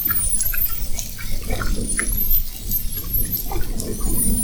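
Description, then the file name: Spinner dolphin whistles, a few long clear upward-sweeping high tones, over low water noise and soft clicks. Whistles, recorded at Fernando de Noronha. "Sons rotadores FN assovios"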